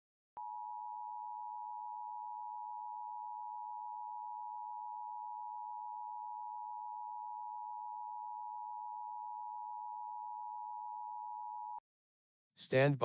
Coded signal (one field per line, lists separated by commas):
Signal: Emergency Alert System (SAME) tones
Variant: 853 and 960 Hz attention tone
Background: speech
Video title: LIVE AM/MW DX: DX Central Live - S. 4, Ep. 11 | Friday, March 22, 2024